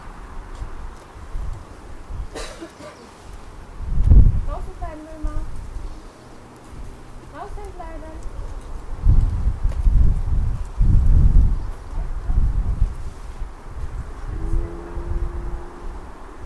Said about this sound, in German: Ist hier zu windig, ja. Dabei ist es warm.